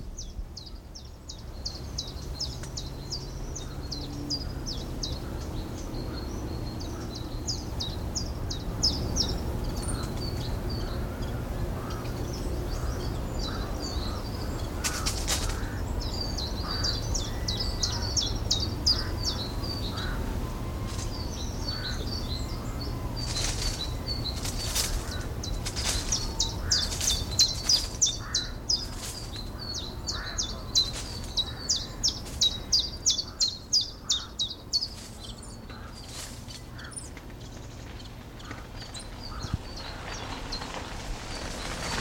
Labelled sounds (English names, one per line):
Common Chiffchaff